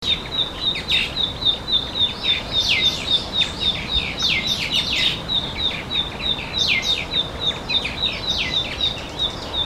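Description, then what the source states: Narcissus flycatcher calling: a thin, high note ticking steadily and rapidly, mixed with bursts of sharp, scratchy chirps that come and go. Recorded on 10 May 2022.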